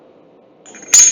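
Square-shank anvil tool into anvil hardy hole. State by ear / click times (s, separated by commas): seated / 0.9 s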